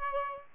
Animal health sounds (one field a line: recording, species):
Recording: mosquito wingbeat signal from an infrared sensor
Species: Aedes albopictus